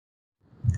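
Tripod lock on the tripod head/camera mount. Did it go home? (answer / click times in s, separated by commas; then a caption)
no / none. A tripod lock on the tripod head or camera mount (the camera mount or cap lock) is handled by hand to lock it. After about 0.4 s of silence, low handling noise builds and peaks near 0.7 s, with two brief sharp transients at 0.7 s and 0.7 s. The clip ends before the part goes home, so nothing has seated yet.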